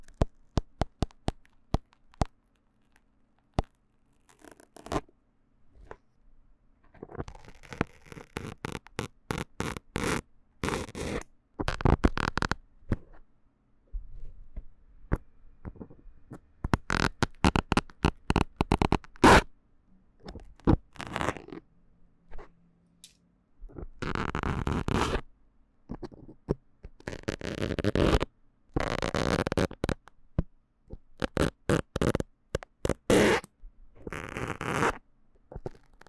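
Needle being pulled from the mic: sharp clicks and scratchy rustling bursts come in irregular clusters, with quiet gaps and one low hum around twenty seconds.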